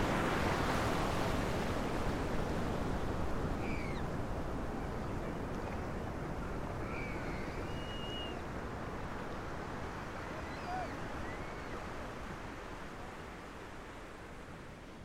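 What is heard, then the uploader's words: High surf roars without a break, a dense, steady wash of low rumble and hiss that swells slightly at the start and eases a little toward the end. A few faint bird chirps rise above the noise around four, seven and eight seconds. Platforms Beach. A beautiful indian summer afternoon. The surf was unusually high and the water very warm. Recorded using Sony PCM-M10, EM173 microphone capsules in Sonic Studios WHB with fur covers.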